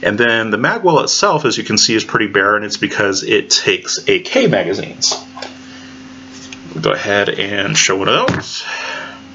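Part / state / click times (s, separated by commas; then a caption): AK magazine into rifle magwell / not seated / none. Someone talks about the rifle's barren magwell, which takes AK magazines, while an empty steel AK-pattern magazine is handled near the magwell, with brief sharp handling knocks around 5.4 s and 6.5 s. The magazine has not yet been rocked in, and nothing has seated or clicked yet.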